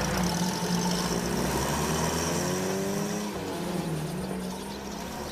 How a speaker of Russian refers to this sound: Папа садится в машину. Поехали. Автомобиль трогается.